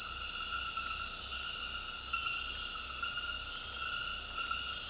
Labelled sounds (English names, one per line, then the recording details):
none
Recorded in dense forest near Puerto Asís, Putumayo, Colombia, on 20 February 2024 at 22:30
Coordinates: 0.485, -76.318
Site G6408